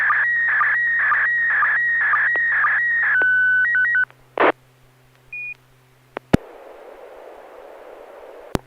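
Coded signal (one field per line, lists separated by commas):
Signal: SSTV (slow-scan television)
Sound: warbling tones near 1.9 kHz with short low blips, a steady tone, then hiss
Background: radio static, low hum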